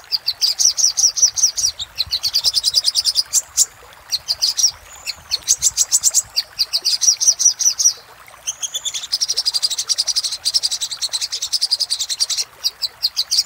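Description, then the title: Little spiderhunter song: long runs of rapid high chips broken by several short pauses. Master recording used for training cage birds. "Masteran Burung Sogok Ontong Labaik"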